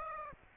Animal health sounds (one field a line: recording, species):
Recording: mosquito wingbeat signal from an infrared sensor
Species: Aedes aegypti